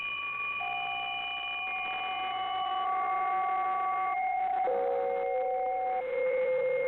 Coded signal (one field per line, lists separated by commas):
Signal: PSK63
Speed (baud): 62.5 baud